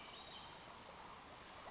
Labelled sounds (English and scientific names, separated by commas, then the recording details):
Western Flycatcher (Empidonax difficilis)
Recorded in Sonoma County, California